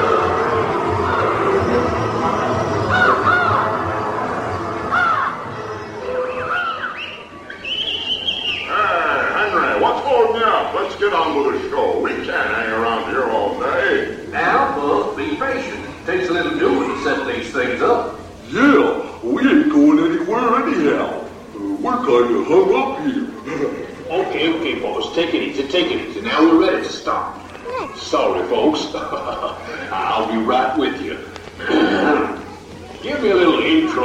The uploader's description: a trip to Disneyland